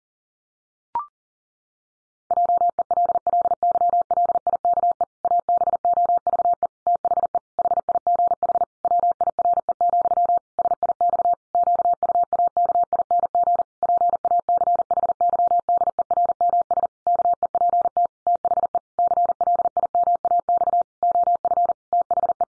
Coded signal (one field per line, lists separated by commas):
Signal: Morse code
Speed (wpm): 40 wpm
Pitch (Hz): 700 Hz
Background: none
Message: JELLYLIKE ABOVE THE HIGH WIRE, SIX QUAKING PACHYDERMS KEPT THE CLIMAX OF THE